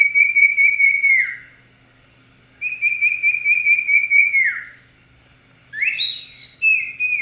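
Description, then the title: Oriental magpie-robin song of long, slightly wavering whistles that drop away at the end, repeated twice, then sharper rising notes, over a faint low hum. "Kicau Kacer"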